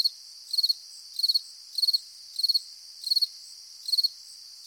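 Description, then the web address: Insect chirping in short, high pulsed trills of about four pulses each, repeated steadily a little more than half a second apart. "mundo dos sons cigarras e grilos"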